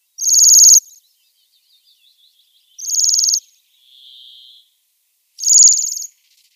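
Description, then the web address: Bohemian waxwing, high buzzy trilled notes in three short bursts about two and a half seconds apart, with faint soft twitters and a softer, lower note between them. "Schulze Peter Bohemian Waxwing song"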